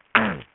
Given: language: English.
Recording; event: throat vibration sensor signal played as sound; throat clearing